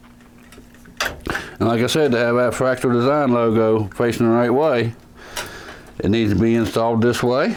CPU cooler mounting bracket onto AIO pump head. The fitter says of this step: and give it a twist it locks into place